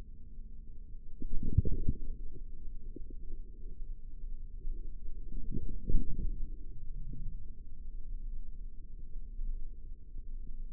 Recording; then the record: forearm muscle sounds (acoustic myography)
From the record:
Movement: forearm pronation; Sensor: system 3, bracelet of six PUI Audio POM-2738L microphones around the upper forearm, with dedicated amplification and filtering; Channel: 6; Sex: male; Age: 55 years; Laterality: right